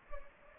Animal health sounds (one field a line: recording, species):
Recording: mosquito wingbeat signal from an infrared sensor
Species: Anopheles gambiae